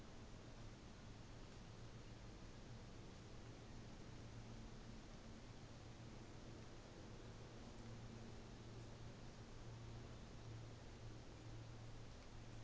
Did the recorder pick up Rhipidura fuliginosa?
no